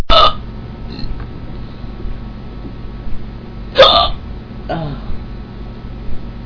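Three short, sharp hiccups sound over about six seconds in an adult, after drinking sparkling water. Each is an abrupt catch of breath followed by a quick glottal click, at irregular intervals. These are ordinary hiccups: involuntary spasms of the diaphragm cut off by sudden closure of the vocal cords.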